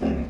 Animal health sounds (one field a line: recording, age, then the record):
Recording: pig call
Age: growing-finishing pig (85 days or more)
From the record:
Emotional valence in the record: negative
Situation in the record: barren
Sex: female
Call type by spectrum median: low-frequency call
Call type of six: low-frequency stable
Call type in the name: low-frequency stable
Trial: 3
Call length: 0.29 s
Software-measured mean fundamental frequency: 57 Hz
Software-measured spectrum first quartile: 169 Hz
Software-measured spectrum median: 267 Hz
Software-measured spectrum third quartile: 478 Hz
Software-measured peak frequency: 232 Hz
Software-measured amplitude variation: 132 dB a second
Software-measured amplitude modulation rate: 23.8 a second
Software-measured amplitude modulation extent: 5.5 dB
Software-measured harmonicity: -0.7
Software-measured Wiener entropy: -0.71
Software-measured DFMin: 635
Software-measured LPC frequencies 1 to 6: 1706, 2706, 3681, 5156, 5982, 6586 Hz